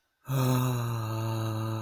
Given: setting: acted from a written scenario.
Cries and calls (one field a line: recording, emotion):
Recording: vocal sound without words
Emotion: awe